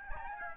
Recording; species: mosquito wingbeat signal from an infrared sensor; Aedes albopictus